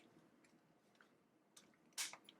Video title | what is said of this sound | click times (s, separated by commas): [TCTAP 2021 Virtual] Training Course - Boston Scientific Korea Virtual Training Course | Click. Okay. | 1.6 s